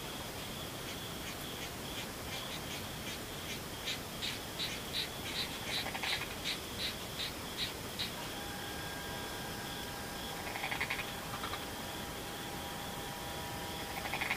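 An insect chorus with a steady high buzzing band, overlaid by rapid pulsing chirps repeating regularly from about one to eight seconds. Later, a few longer sustained tones hold steady while short bright calls break in near eleven seconds and at the end.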